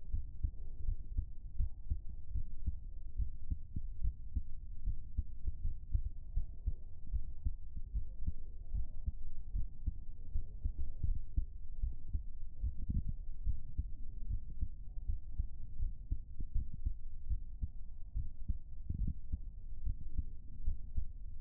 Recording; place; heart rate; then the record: heart sounds by stethoscope; pulmonary valve (PV); 80 bpm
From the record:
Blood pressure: 132/78 mmHg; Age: 33 years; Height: 158 cm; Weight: 55 kg